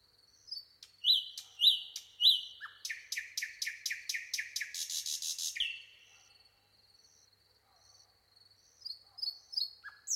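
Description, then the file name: Common nightingale song: whistles, a rapid run of repeated sharp notes and a buzzy rattle, then quieter high notes. "Luscinia megarhynchos"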